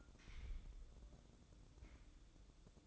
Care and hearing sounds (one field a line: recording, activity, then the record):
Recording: daily activity, microphone in the room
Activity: take from stove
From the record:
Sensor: 3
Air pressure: 1008.1 hPa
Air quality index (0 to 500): 132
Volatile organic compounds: 2 ppm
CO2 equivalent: 1096 ppm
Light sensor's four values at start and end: 8/20/8/8 and 8/20/8/8